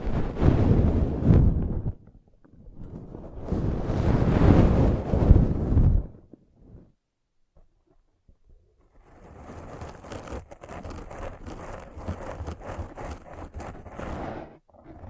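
A thorough scratching sound, opening with two loud, heavy, rumbling bursts of rough rubbing that each last about two to three seconds. After a near-silent pause, a quieter, brighter stretch of quick, dense scratch strokes runs steadily from about nine seconds to the end.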